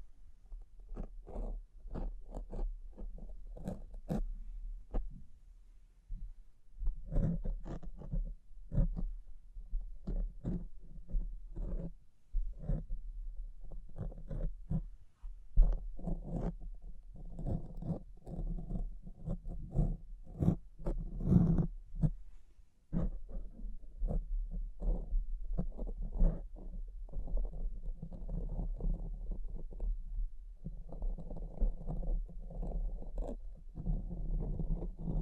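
Dense tapping, scratching and brushing with crinkly touches, irregular quick strikes throughout over a low steady rumble, busiest after seven seconds.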